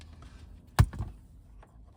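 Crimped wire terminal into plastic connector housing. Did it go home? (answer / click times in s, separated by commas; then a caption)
yes / 0.8 s. A crimped wire terminal is slid into a plastic wiring connector housing during a CB radio install on a Toyota RAV4, after the internal locking tab is lifted with a flat tool. A sharp, bright click sounds at 0.8 s, followed by a few fainter taps around 0.9–1.0 s and a faint tick near 1.6 s over low background noise. The terminal clicks and locks into place, and when tugged it no longer comes out.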